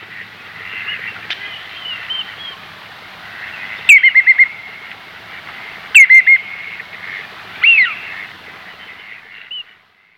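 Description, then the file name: Common redshank call: two bursts of three or four quick, clear whistled notes, then a single slurred whistle, over a steady hum of birdsong. "tureluur"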